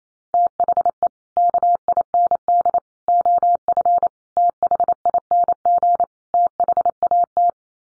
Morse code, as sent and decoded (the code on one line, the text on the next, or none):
- .... . / -.- .. -. -.. / --- ..-. / - .... .. -. --. / - .... .- -
THE KIND OF THING THAT